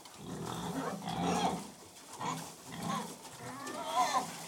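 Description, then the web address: Pigs grunting and snuffling over continuous munching and rustling, with a few louder grunting bursts. Pigs feeding. "The BBC Sound Effects Library. Pigs Feeding"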